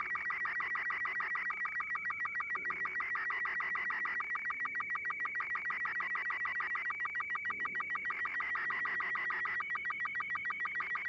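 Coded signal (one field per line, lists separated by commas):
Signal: SSTV (slow-scan television)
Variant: Robot 36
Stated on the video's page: SSTV signal in a Google-Translate mod of the game Portal 2.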